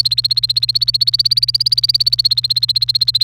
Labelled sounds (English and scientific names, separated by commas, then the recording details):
Domestic Canary (Serinus canaria) song
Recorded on 28 April 2018 at 14:14
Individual llb3